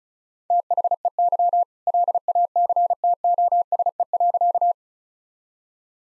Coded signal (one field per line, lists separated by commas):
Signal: Morse code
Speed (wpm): 34 wpm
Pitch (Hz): 700 Hz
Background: none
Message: THEY LACTOSE.